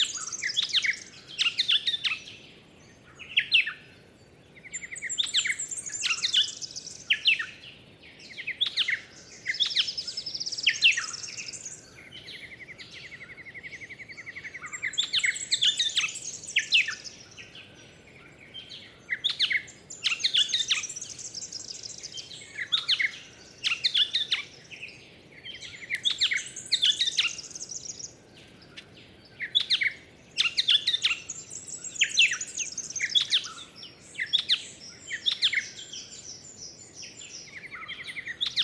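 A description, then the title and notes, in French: A dawn chorus of birds on a coastal site, with several species singing at once: bright, rapid chirps and warbles in repeated bursts every few seconds, some high trilling phrases above. A steady low hiss of wind or surf runs underneath throughout. Booderee National Park - Australie. Nomad - cardio mkh8040. En 2015 j'ai pu tous les jours enregistrer de magnifiques CHORUS sur la côte Sud-Est. Voici donc en écoute ce qu'était un lever du jour.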